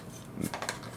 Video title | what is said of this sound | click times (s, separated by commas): Review: JLR Designs MLR Armor (Ride Armor) for Sentinel's 4inch-nel Megaman Toyline | see how it clicks back into place | 0.5 s, 0.6 s, 0.7 s